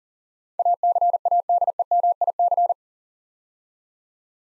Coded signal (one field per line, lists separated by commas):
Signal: Morse code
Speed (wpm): 40 wpm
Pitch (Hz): 700 Hz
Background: none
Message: ACADEMIC